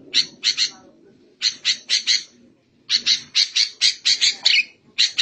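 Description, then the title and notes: Bird song of scratchy, buzzy notes delivered in rapid runs with short pauses, with a soft low rumble underneath. Masteran bird-song recording used for training songbirds. "MASTERAN BURUNG. suarane manok"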